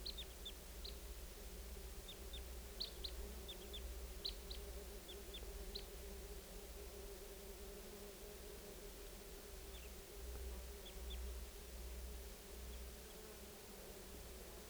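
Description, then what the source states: Red Crossbill calls: short, sharp kip notes given in loose scattered bursts, over a steady low hum. Type 2; flock of about four lured in, calling from the top of a tall lodgepole pine about 60 feet up, above the net area, around 6:26.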